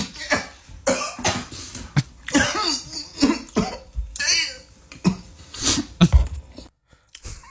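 A rapid run of about a dozen harsh, forceful coughs: an adult's coughing fit after choking on a dry Popeye's biscuit.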